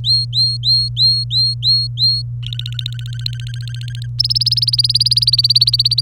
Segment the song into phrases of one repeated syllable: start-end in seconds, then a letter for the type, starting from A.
0.04-2.22 A, 2.43-4.07 B, 4.19-6.01 C